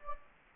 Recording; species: mosquito wingbeat signal from an infrared sensor; Anopheles gambiae